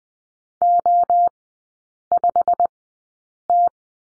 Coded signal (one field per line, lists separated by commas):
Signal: Morse code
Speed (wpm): 20 wpm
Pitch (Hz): 700 Hz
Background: none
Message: O5T